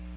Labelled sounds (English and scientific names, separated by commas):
Magnolia Warbler (Setophaga magnolia) flight call